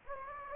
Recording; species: mosquito wingbeat signal from an infrared sensor; Anopheles gambiae